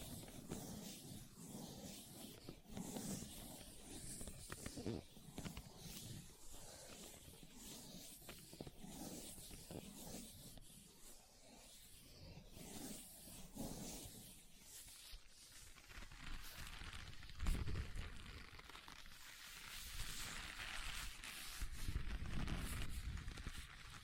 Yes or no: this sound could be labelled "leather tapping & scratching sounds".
yes